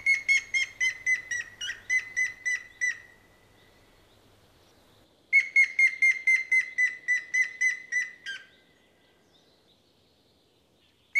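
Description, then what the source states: Grey-headed Woodpecker whistled call: two series of about a dozen clear whistles each, falling slightly in pitch, separated by a quiet pause. Whistled call, presented as the sound to learn for identifying the species.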